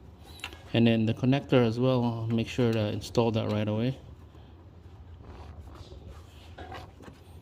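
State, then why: Not seated. Someone talks while a wiring connector is pushed onto the terminal of the new starter motor on a Hyundai Genesis 3.8L engine, right after the old part is transferred. Only a faint thud is heard afterward, with no audible snap. Nothing has clicked or seated audibly yet.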